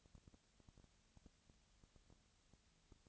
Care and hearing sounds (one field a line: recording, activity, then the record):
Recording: daily activity, microphone in the room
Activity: no activity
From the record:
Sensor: 3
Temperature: 20.6 degrees Celsius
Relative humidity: 35.7%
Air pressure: 998.8 hPa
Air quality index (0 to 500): 235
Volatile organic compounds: 71 ppm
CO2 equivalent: 3524 ppm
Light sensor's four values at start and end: 2/3/2/2 and 2/3/2/2